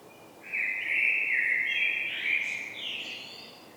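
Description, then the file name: Common blackbird song: one continuous mellow flutey phrase, gently wavering, rising into a high chattering twitter at its close. "Turdus merula"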